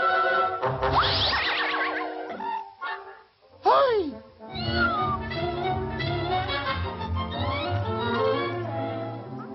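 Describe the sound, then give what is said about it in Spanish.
A kitten meows several times in thin, high, wavering cries, with other voices and a steady tonal background running underneath. “Y ahora salva a ese gatito.”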